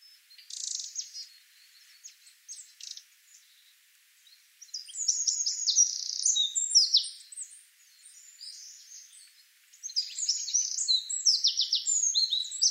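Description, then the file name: Eurasian wren song: bursts of rapid, high, tinkling notes and trills, a short phrase near the start, then two long, loud, fast runs with brief pauses between. "Troglodytes troglodytes"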